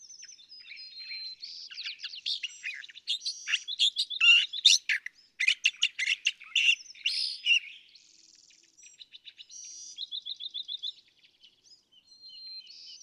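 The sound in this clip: California thrasher song: a long, varied run of harsh chattering notes, quick trills and whistled notes, the phrases changing often. Background is quiet.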